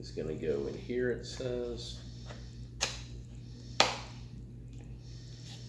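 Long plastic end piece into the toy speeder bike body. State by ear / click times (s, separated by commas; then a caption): seated / 3.8 s. Someone talks as the long plastic end piece of a toy speeder bike is pushed into its slot on the body. A softer tap comes at 2.8 s, then a sharp snap at 3.8 s as the piece seats in place.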